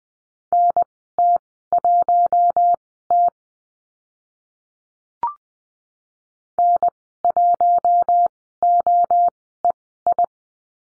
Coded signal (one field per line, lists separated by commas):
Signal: Morse code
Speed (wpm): 20 wpm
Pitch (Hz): 700 Hz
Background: none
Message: NT1T N1OEI